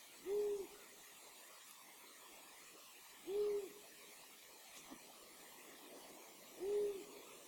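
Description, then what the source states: Long-eared owl hoots: three low, soft, even hoots spaced about three seconds apart against a quiet background. Recorded 16 April 2020.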